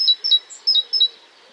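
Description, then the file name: Great tit: four high, clear two-part notes in quick succession, each a short whistle dropping to a lower note. "Parus major"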